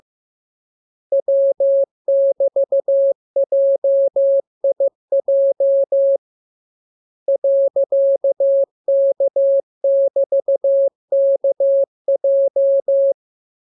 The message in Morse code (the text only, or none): W<BT>JIJ .K<BT>KJ